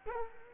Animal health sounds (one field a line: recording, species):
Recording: mosquito wingbeat signal from an infrared sensor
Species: Culex quinquefasciatus